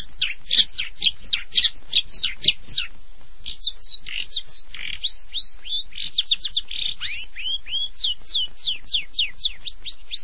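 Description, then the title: Long-tailed shrike song, a dense, fast run of varied high chirps and slurred whistled notes, some rising and some falling, delivered almost without pause. "Kicau Burung Pentet"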